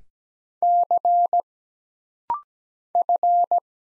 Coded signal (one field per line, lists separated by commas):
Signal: Morse code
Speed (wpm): 17 wpm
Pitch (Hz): 700 Hz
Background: none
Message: C F